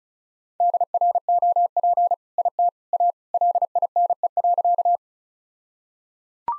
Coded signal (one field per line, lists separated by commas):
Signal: Morse code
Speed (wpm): 34 wpm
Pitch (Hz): 700 Hz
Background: none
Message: DROP IT A LINE.